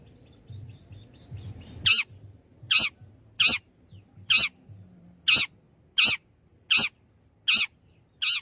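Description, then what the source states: Long-tailed shrike giving harsh, rasping notes, nine in a row roughly a second apart, after a faint, quiet opening with low background hum. Called 'gacor', meaning singing lively.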